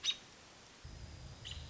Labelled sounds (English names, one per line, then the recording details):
American Robin
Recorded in Sonoma County, California